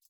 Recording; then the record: hydrophone in a shrimp aquaculture tank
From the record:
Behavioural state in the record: feeding